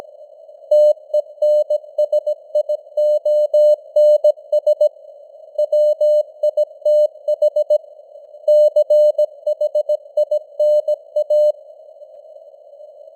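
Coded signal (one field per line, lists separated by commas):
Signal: Morse code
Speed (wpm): 17 wpm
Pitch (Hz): 600 Hz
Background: none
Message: TENSIONS WITH CHINA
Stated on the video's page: News headlines sent in Morse at 17 wpm with simulated radio noise and varying signal strength (QSB); an experiment.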